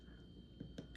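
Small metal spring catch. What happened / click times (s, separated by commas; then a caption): The metal catch clicked but did not fully seat / 0.8 s, 0.9 s. A thumb presses a metal Beretta 92 magazine release catch in and down into the pistol frame over a low steady hum. Sharp clicks sound at 0.8 s and 1.0 s, but a small gap remains and the catch is not fully seated.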